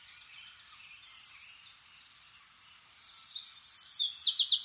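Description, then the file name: Eurasian wren song: soft high twittering, then loud rapid trills starting near the end. "Troglodytes troglodytes"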